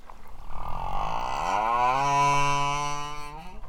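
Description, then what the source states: Humpback whale song unit: a deep, harmonic moan that sweeps upward and then holds a steady tone for about a second and a half. Male humpback song, a mating display sung to other males in competition or to attract females.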